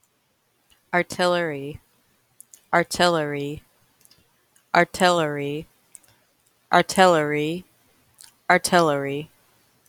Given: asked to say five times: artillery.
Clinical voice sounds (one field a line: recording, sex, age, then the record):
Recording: repeated word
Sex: female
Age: 20 to 29 years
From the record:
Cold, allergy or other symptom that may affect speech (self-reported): no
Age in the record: 27 years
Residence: Ohio, United States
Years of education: 13